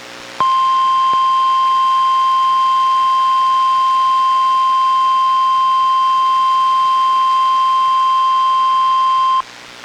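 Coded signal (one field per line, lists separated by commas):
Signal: Emergency Alert System (SAME) tones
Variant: 1050 Hz attention tone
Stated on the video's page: NOAA Weather Radio weekly test relayed by the Astoria transmitter, recorded off a Reecom R-1630 weather radio into a Zoom H1 recorder.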